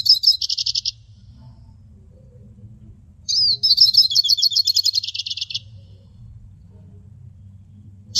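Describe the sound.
Hooded siskin: a short high twitter, a pause of about two seconds, then a rapid buzzy chattering phrase, with another starting at the end over a faint low hum.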